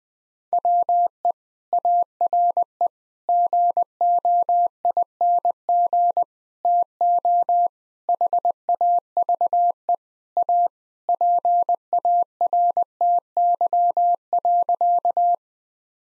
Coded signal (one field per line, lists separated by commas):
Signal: Morse code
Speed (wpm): 21 wpm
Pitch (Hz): 700 Hz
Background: none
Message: WE ARE GOING TO HAVE A PARTY.